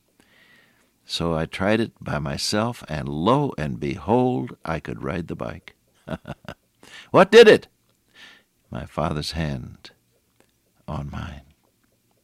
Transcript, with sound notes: So I tried it by myself and lo and behold, I could ride the bike. [chuckle] What did it? My father’s hand on mine.